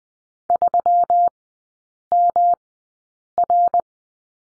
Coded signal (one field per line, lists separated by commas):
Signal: Morse code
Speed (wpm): 20 wpm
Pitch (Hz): 700 Hz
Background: none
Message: 3MR